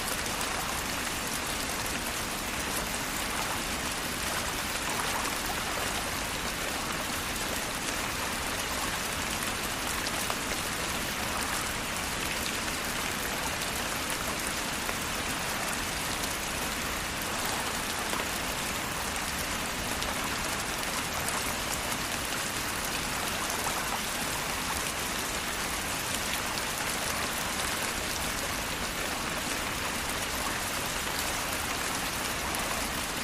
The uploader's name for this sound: Heavy Rain Sounds